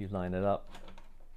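Someone talks while an EEG cap connector is lined up with the port on an amplifier connector box, followed by faint handling ticks around 1.0 s and 1.4 s. The connector has not been pushed down yet, and nothing has seated or snapped into place.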